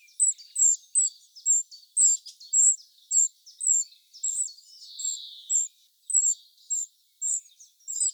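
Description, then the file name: Eurasian wren calls: repeated sharp high ticking notes about twice a second, with one softer lower buzzy note midway. "Troglodytes troglodytes"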